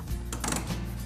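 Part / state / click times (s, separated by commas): folding tonneau cover frame into its lock on the truck bed rail / seated / 0.3 s, 0.5 s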